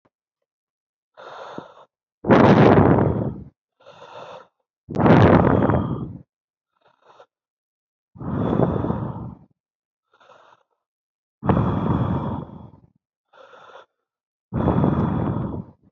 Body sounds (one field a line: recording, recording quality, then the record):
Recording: deep breathing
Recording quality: excellent, no background noise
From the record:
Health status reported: healthy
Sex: male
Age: 21 years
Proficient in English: yes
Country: India